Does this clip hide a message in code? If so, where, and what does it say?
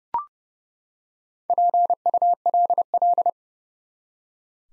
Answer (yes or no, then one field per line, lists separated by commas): yes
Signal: Morse code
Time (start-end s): 1.5-3.3 s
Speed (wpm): 30 wpm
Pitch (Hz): 700 Hz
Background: none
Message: PULL